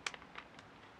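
A fuel pump component, found not seated on one side, is pressed again into its pump housing/bracket and gives a sharp click at 0.1 s. A few fainter ticks follow around 0.1, 0.4 and 0.6 s. The part is now seated.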